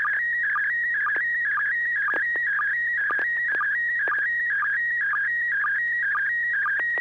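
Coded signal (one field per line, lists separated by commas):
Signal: SSTV (slow-scan television)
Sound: warbling tone jumping between two pitches, with short low sync blips about twice a second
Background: low hum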